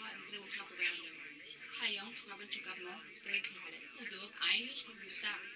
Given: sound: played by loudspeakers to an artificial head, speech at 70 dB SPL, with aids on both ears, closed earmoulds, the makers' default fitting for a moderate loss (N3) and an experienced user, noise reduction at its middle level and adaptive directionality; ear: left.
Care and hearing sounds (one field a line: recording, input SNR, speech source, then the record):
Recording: speech test signal (ISTS) in cocktail-party noise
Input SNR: +3 dB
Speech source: on the right (90 degrees)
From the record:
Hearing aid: class 2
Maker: H